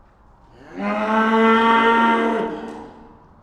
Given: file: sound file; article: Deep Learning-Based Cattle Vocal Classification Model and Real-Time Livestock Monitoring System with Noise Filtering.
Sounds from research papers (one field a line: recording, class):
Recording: cattle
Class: estrus call